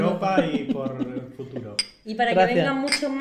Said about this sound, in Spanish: Vamos a hacer un brindis para la gente que no habla alemán. Por nosotros, este último podcast aquí en Europa.